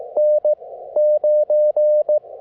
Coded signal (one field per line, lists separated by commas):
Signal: Morse code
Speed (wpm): 23 wpm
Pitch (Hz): 590 Hz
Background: none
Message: N9